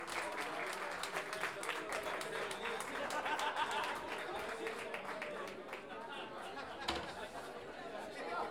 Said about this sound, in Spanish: Un aplauso también para ustedes que engalanaron esta fiesta con su presencia.